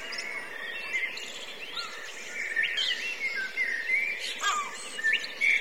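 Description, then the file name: Blackbirds chattering together, a stream of overlapping whistles, squeaks and short slurred notes, with louder bursts toward the end over steady hiss. Several blackbirds; line-in input, with overruns noted. "blackbirds record from line in overruns"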